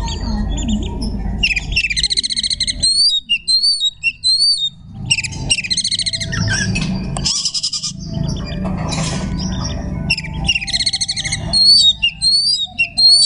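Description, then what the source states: Magpie-robin singing varied whistled phrases mixed with dense buzzy, trilled passages, repeated in bursts several seconds apart over low background rumble. Song in the tembakan ngekek style.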